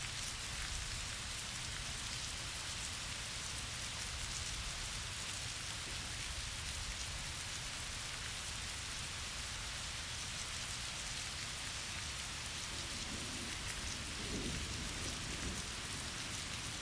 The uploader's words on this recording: I recorded this storm passing through Indianapolis,. Mic: Shure SM7B.